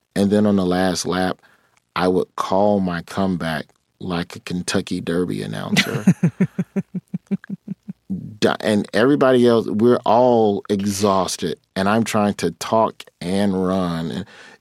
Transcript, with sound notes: And then on the last lap, I would call my comeback like a Kentucky Derby announcer.
(Laughter).
And everybody else - we're all exhausted. And I'm trying to talk and run.